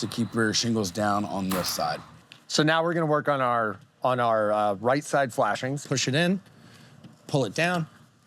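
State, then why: Not seated. A right-side metal flashing piece is handled at the edge of a CertainTeed Solstice solar shingle, pushed in and pulled down. Someone talks throughout, with brief quieter gaps between phrases. Nothing has seated or locked in place yet.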